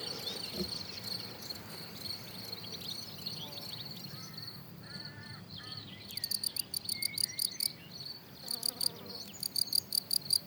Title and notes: Un grillon champêtre. 27 juin 2018, plateau de Lesches en Diois